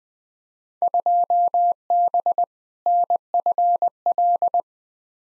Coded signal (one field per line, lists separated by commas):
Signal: Morse code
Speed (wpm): 20 wpm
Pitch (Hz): 700 Hz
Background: none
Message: 2B NFL